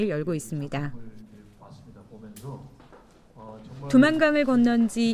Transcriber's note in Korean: 녹취: 전시회 개막식 현장음